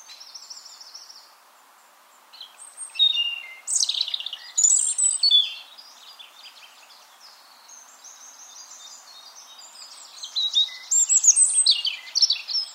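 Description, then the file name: European robin song: high, thin warbled phrases with quick rising and falling notes, separated by pauses including one long pause, faint background hiss. "Erithacus rubecula"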